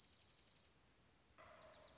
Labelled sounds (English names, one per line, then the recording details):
Dark-eyed Junco
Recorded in Sonoma County, California